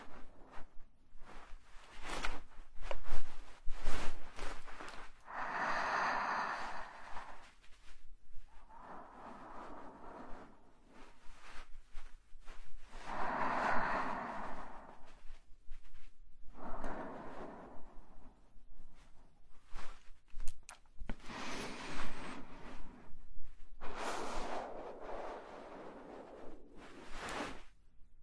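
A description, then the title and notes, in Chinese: Airy breathing, with slow inhales and exhales arriving about every three to four seconds for the whole half minute. Each breath swells and fades as a soft hiss, a few sounding like sighs or nasal snorts, over a quiet low rumble. 呼吸音。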